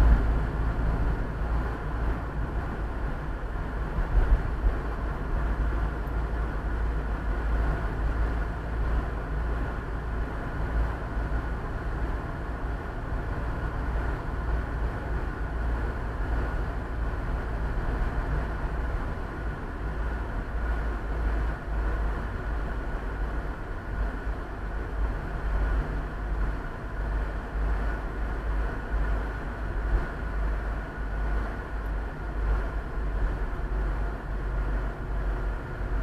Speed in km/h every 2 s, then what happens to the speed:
43, 44, 43, 44, 44, 44, 44, 46, 46, 46, 44, 42, 40, 41, 39, 40, 40, 39.
0-18 steady at about 44. 18-23 slows to 40. 23-36 steady at about 40.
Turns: none.